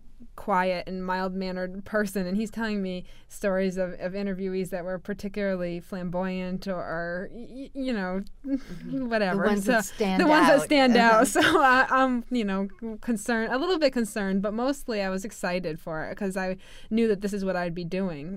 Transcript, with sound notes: quiet and mild mannered person and he's telling me stories of interviewees that were particularly flamboyant or are, you know, whatever...
The ones that stand out.
The ones that stand out. (she laughs) So I'm, I'm, you know, concerned, a little bit concerned but mostly I was excited for it 'cause I knew this is what I'd be doing.